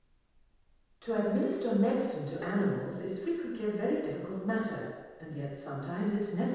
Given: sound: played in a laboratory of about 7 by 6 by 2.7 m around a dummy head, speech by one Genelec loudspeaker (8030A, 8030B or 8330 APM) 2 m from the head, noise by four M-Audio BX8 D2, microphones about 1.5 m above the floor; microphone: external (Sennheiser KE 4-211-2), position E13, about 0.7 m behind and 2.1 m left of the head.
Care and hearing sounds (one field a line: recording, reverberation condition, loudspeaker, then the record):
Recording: female speech in English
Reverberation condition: high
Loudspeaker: 150 degrees to the right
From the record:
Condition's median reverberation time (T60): about 1300 ms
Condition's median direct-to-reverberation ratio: about -4.0 dB